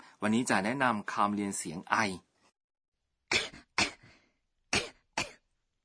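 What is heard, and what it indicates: Acted demonstration by an adult: a short spoken phrase, then four light, dry coughs in two pairs. This slight cough is the kind Japanese describes with the sound word 'kon kon'.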